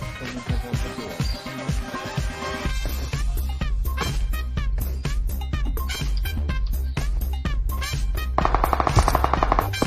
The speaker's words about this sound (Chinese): 根据枪声可以确定一队的位置，这两队在互打，另一队还没有开枪。